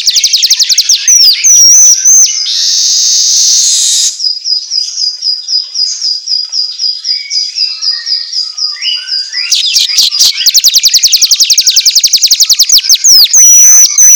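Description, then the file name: Asian golden weaver song: fast ticking trills, a long hissing wheeze, then a sweeping chatter that grows into rapid high buzzy trills with sharp whistled slurs. Track meant for training songbirds to sing eagerly (auto gacor). "Suara Kicau Manyar Kepala Emas Auto Gacor"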